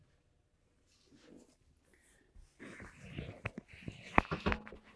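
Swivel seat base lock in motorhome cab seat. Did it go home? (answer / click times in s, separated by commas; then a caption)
yes / 4.2 s. The driver seat of a 2024 Newmar Bay Star motorhome cab is rotated on its swivel base back to face forward after the release is pulled back, with soft shuffling and mechanical rattles building as it turns. The swivel base lock engages with a sharp click at 4.2 s, followed by a few smaller knocks, and the seat is locked in place.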